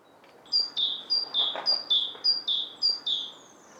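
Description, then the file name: Great tit singing a steady run of about five two-note phrases, high then lower, evenly repeated over soft background noise. "Parus major"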